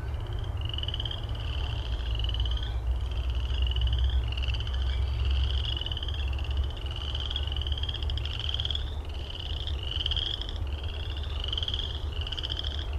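Frog calls in a dense run of brief upswept chirps, nearly continuous, with a heavy low droning rumble underneath.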